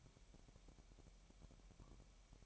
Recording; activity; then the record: daily activity, microphone in the room; take from stove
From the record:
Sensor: 1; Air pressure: 1012.1 hPa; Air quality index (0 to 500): 221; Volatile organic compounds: 5 ppm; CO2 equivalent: 1768 ppm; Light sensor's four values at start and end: 65/155/65/67 and 65/155/65/67